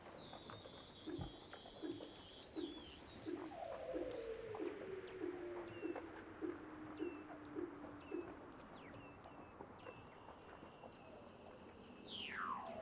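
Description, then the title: Weddell seal underwater calls: a steady high whistle, a descending glide over a run of regular pulsed notes, then a steep downward sweep. "Douglas Quin - Weddell Seals (Underwater)"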